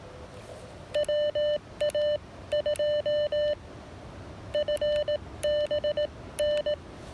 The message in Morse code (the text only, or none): WA2FBN